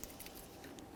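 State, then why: Not seated. A plastic tailgate hinge bushing is handled against the tailgate hinge mount of a 1998-2011 Ford Ranger pickup, to be pressed in until its two ears lock into the center hole. There are light handling and rustling sounds, with a brief sharp tick at about 0.0 s, and no speech. Nothing has seated or clicked yet.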